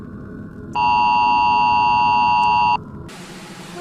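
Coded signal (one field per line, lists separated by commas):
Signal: Emergency Alert System (SAME) tones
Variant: 853 and 960 Hz attention tone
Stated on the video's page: Recreated nuclear-war EAS scenario, not a real alert.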